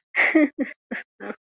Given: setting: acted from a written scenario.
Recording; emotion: vocal sound without words; sadness